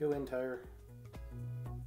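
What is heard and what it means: A plastic tire that popped off during transformation is pushed back onto its wheel peg on a Transformers Rise of the Beasts Wheeljack action figure while someone talks over background music. A brief soft tap is heard at 1.1 s, and nothing has seated or clicked yet.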